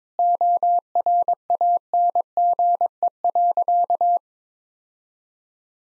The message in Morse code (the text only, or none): ORANGE.